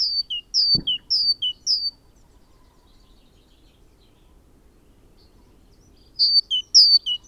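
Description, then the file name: Great tit song: four high-low two-note phrases and a dull knock, a long quiet gap, then the phrases resume loudly. "Parus major"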